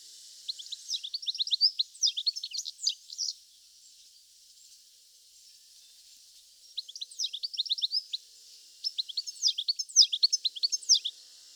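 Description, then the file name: European goldfinch giving three bursts of rapid, liquid, high twittering notes separated by quiet gaps, with a faint hiss in the background. "Carduelis carduelis"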